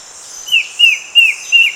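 A bird repeats a short whistle that rises briefly then falls, four times at even intervals, against a continuous high background hum.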